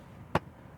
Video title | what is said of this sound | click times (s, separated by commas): Easy Guide: Install A Center Console Charger With Smart Tech in a Tesla Model Y Juniper #tesla | until they click in there. Okay, got it in there. | 0.3 s